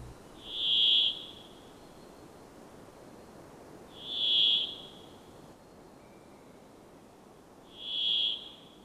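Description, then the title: Brambling song: a harsh, buzzy, drawn-out wheeze held near one high pitch, given three times about every three and a half seconds over a soft background hiss. "Järripeippo"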